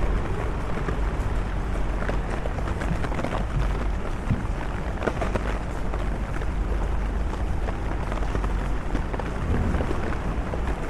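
A walk through London in the rain: a dense, unbroken wash of noise over a heavy low rumble of traffic. Quick ticks and patters come thickly throughout, and the overall loudness holds steady the whole way, with no single voice or event standing out.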